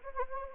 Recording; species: mosquito wingbeat signal from an infrared sensor; Anopheles gambiae